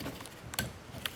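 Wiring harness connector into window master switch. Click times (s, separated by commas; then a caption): 1.1 s. A wiring harness connector is pushed into the power window master switch of a Honda Odyssey during a window motor regulator replacement. A dull thump at 0.6 s comes before a short, sharp click at 1.1 s, when the connector seats and locks in.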